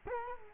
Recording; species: mosquito wingbeat signal from an infrared sensor; Culex quinquefasciatus